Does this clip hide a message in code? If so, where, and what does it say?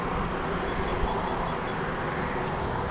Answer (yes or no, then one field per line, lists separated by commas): no